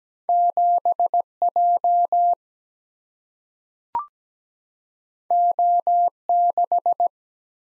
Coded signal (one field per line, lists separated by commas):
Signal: Morse code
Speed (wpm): 17 wpm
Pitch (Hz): 700 Hz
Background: none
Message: 7 J O 6